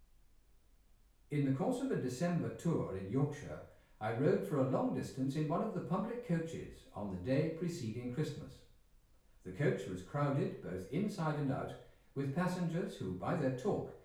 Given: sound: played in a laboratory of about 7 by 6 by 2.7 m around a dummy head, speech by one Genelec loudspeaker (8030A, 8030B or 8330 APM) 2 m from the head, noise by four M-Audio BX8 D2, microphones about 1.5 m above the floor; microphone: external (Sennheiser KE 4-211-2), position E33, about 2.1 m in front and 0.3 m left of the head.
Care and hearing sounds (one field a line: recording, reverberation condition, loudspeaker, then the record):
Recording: male speech in English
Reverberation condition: medium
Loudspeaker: behind (180 degrees)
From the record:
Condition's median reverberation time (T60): about 510 ms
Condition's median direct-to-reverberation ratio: about -0.5 dB